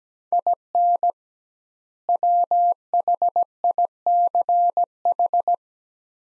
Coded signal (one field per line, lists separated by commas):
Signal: Morse code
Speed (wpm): 17 wpm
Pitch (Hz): 700 Hz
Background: none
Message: IN WHICH